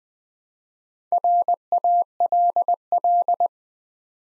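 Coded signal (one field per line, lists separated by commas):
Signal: Morse code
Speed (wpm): 20 wpm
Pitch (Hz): 700 Hz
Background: none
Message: RALL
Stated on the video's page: Morse practice drill at 20 wpm, building 5-letter words one letter at a time for instant character recognition.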